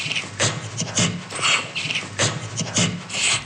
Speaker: Gorilla laughter is more of a staccato-like laughter.